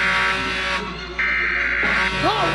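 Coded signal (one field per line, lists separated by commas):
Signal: Emergency Alert System (SAME) tones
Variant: header bursts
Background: speech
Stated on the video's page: Simulated EAS scenario from a game.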